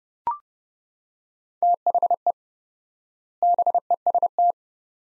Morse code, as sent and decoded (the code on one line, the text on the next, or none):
- .... . / -... . ... -
THE BEST